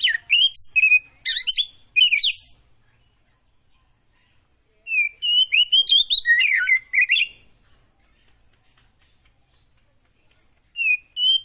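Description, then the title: Oriental magpie-robin song arriving in three bursts of fast, rich whistles and scratchy notes, with quiet gaps between them. Tretes variety, described as gacor (singing actively). "Kacer Tretes"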